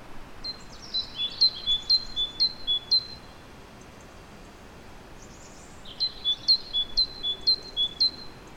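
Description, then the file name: Great tit giving bright, high two-note phrases repeated rapidly, about twice a second, in two bursts separated by a quiet pause, over faint background hiss. "Parus major"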